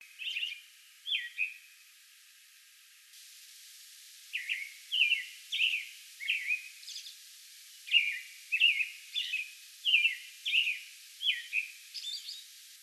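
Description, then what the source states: American robin song: a few caroling phrases, a quiet gap of a few seconds, then a steady run of repeated warbled phrases and high squeaky notes, about one and a half per second. Song bout recorded May 11.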